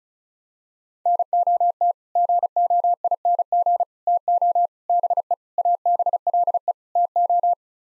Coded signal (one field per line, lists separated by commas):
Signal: Morse code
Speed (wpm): 34 wpm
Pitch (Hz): 700 Hz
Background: none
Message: NOT GOING TO BE ABLE TO